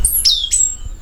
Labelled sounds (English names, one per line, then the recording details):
Stitchbird song
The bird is a male
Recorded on Tiritiri Matangi Island, New Zealand, in 2005
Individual 22, of nest box 31